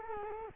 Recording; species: mosquito wingbeat signal from an infrared sensor; Culex quinquefasciatus